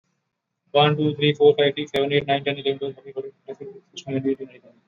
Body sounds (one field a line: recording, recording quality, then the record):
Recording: counting at a fast pace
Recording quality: moderate, slight background noise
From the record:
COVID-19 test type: RT-PCR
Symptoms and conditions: cough, cold, fever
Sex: male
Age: 31 years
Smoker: no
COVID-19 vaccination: both doses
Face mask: worn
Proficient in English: yes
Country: India